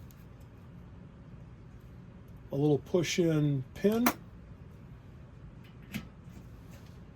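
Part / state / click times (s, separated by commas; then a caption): stainless hitch pin clip into a pin on a metal construction-set model truck / seated / 5.9 s. A small stainless hitch pin clip is pushed into a pin on a metal Erector White Truck #8 construction-set model truck to hold the part in place. Someone talks, then a single short click at 5.9 s marks the clip clicking into place, seated.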